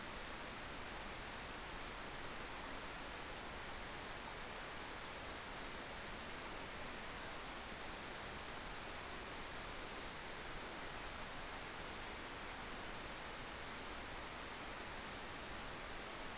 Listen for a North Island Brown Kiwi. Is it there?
no